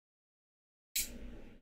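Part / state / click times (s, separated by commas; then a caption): folding knife blade into its detent in the handle / seated / 1.0 s. After silence, a folding knife's blade, let to barely fall shut, drops into the detent in the integral handle with one sharp, bright click at 1.0 s. A brief low ringing tail follows and fades by about 1.6 s. The blade is seated closed in its detent with a clean, satisfying click.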